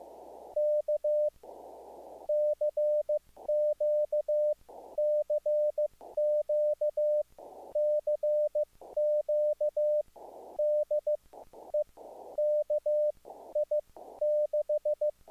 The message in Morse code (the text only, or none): K CQ CQ CQ DE KI6